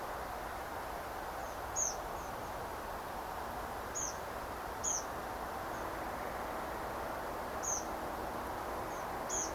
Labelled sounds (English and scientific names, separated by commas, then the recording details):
Tree Pipit (Anthus trivialis)
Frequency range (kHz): Tree Pipit (Anthus trivialis) 4.9-7.5 kHz
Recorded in France